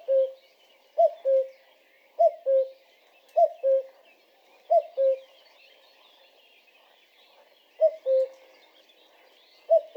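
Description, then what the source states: Common cuckoo repeating a clear falling two-note cu-coo at a steady pace, pausing briefly before resuming, over soft background bird chatter. Described as tireless cuckoos.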